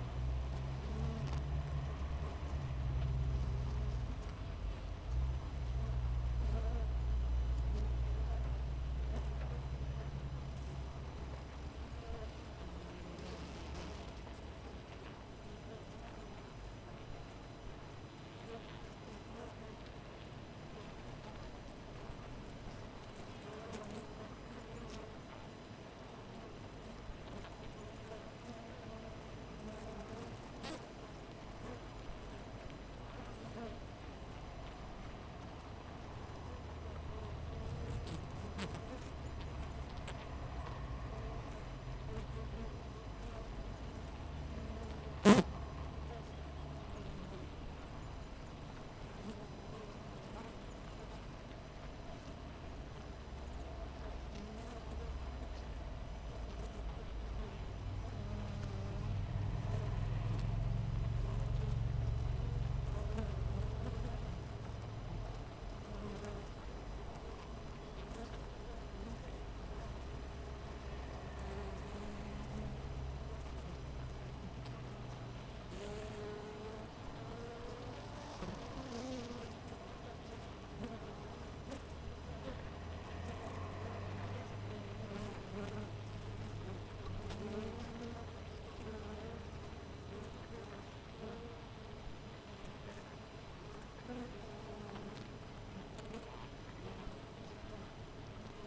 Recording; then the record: honeybee colony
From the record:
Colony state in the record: missing queen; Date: 14 July 2017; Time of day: 6:16